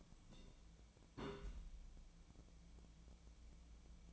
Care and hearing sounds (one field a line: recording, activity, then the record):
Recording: daily activity, microphone in the room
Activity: place on stove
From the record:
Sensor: 1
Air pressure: 1010.0 hPa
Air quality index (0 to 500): 188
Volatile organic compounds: 17 ppm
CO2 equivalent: 2577 ppm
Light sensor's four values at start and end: 38/96/40/49 and 38/96/40/49